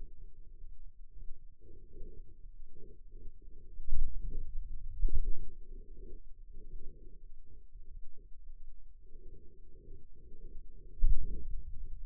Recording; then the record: forearm muscle sounds (acoustic myography)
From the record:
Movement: pen grasping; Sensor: system 2, bracelet of six BSWA MPA416 microphones around the upper forearm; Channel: 5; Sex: male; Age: 22 years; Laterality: right